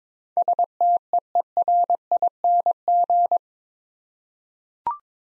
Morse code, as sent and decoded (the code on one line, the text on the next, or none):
... - . . .-. .. -. --.
STEERING